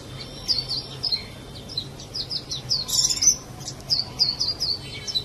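Birdsong: a lively stream of high, sharp repeated chirps, with a louder burst around three seconds, over faint background hum.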